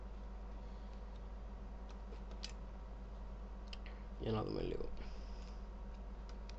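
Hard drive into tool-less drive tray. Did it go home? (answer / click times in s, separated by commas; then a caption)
no / none. A hard drive is pressed into a plastic tool-less drive tray, and faint clicks and taps sound around 2.5 s and 3.7 s while someone talks. The drive does not snap in properly; nothing has seated or clicked into place yet.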